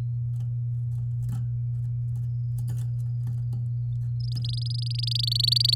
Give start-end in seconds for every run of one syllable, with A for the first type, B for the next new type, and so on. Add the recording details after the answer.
4.20-5.75 A. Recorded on 8 May 2018 at 12:48. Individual llb16